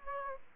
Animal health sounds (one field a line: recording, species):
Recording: mosquito wingbeat signal from an infrared sensor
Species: Aedes aegypti